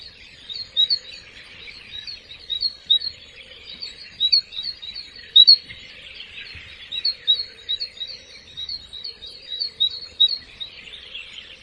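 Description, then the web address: Birds chirping: short high tweets in irregular bursts throughout, over a soft background hum. Recorded at ancient Roman baths. "anasyn caracalla thesis I 01 birds"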